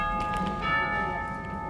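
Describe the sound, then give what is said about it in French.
The Whitehall church carillon bells chime a tune, their overlapping metallic tones ringing and sustaining steadily, with a fresh strike swelling in partway through over a soft low rumble. “C'est le carillon de Whitehall.”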